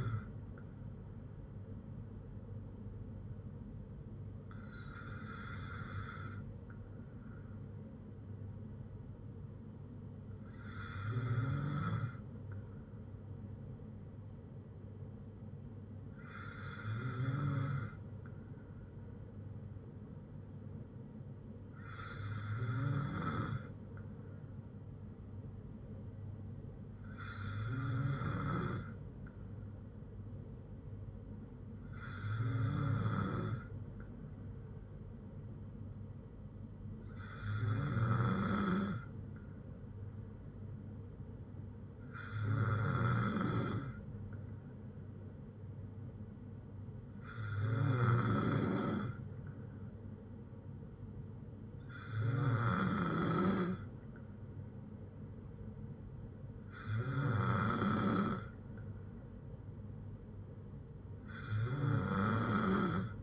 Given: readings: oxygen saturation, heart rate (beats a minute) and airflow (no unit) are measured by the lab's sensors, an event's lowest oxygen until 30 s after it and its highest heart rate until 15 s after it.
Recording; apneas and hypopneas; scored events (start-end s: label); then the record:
breathing in sleep by a smartphone at the bedside; none
none scored
From the record:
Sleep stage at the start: N2 (light sleep); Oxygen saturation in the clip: 93 to 96%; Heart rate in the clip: 59 to 68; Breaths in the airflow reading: 12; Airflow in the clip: -4.2 to 2.6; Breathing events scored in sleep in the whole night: 182 in 7.4 hours asleep